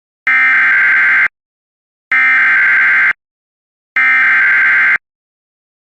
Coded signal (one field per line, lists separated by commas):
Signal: Emergency Alert System (SAME) tones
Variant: header bursts